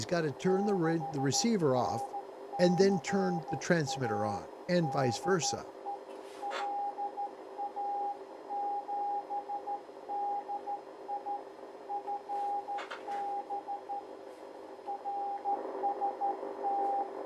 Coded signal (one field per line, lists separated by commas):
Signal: Morse code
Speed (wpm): 13 wpm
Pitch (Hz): 810 Hz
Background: speech, radio noise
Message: 6NCA DE LA7DI FB RST